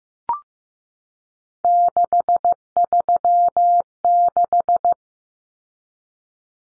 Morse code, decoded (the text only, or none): 636